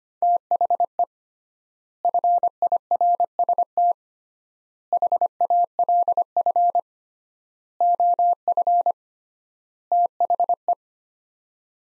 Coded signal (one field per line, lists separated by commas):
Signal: Morse code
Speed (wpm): 25 wpm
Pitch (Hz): 700 Hz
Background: none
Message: THE FIRST HALF OF THE